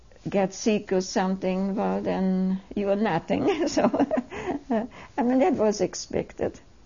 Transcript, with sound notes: get sick or something, well then you are nothing (she laughs) so I mean it was expected.